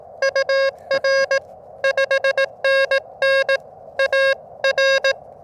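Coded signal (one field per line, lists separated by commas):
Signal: Morse code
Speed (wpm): 18 wpm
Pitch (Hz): 1650 Hz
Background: none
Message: UR 5NN AR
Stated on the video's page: CW Parks on the Air activation with an Elecraft KX2, AX1 antenna and a paddle key, on 40m at 7.063 then 20m at 14062.5; modest pile-ups.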